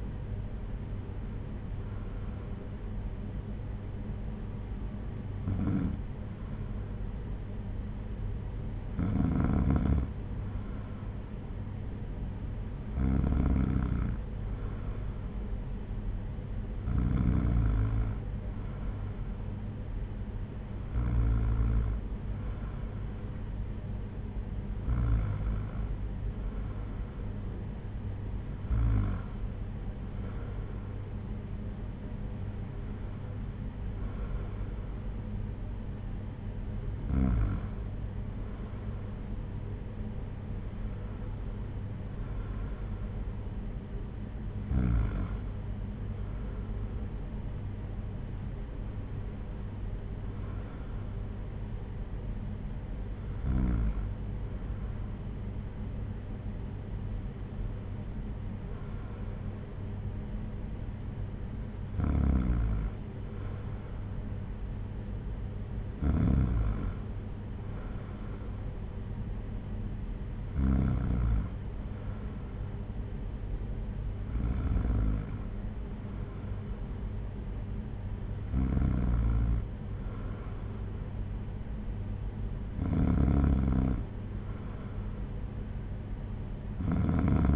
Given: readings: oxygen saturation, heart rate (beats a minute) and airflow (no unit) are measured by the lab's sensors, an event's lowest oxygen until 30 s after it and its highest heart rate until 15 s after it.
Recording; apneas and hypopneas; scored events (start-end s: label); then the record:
breathing in sleep by a smartphone at the bedside; none
none scored
From the record:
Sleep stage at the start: N2 (light sleep); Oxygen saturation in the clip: 93 to 95%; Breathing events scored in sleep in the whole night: 226 in 8.8 hours asleep